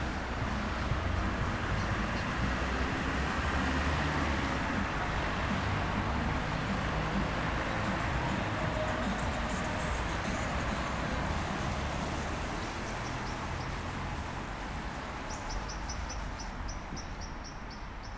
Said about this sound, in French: Il y a encore de la vie. Des voitures.